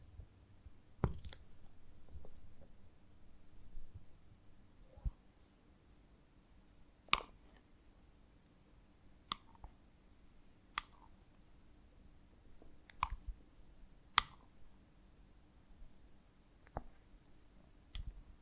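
Honeycomb on a branch handled in ASMR style: sharp, sparse clicks and crackles every second or two over a quiet low hum.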